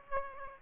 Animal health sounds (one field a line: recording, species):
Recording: mosquito wingbeat signal from an infrared sensor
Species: Aedes aegypti